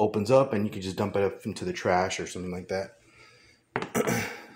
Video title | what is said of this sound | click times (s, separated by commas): Eureka Airspeed Ultra Lightweight Compact Bagless Upright Vacuum Cleaner Review, Lightweight and pow | it just snaps back in pretty good, and there it | 3.8 s